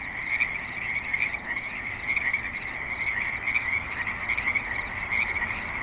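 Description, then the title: Frogs calling in a dense chorus of high, rasping croaks, overlapping and steady throughout, with sharper clicks standing out. Creek in suburban Spanish Springs, Nevada. "Frogs in Spanish Springs, NV - creek view"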